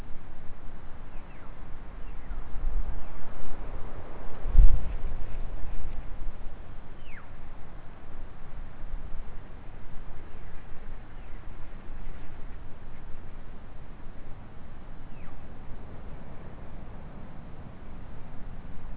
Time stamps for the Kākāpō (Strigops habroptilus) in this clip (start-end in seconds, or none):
none